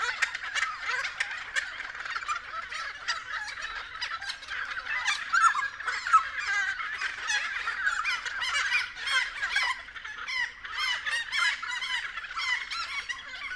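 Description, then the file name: Friarbirds chattering in a busy flock, harsh cackling notes tumbling over one another. Several friarbirds recorded at 6:30 AM. "BIRD-FRIARBIRDS-N-301111-6 30 AM"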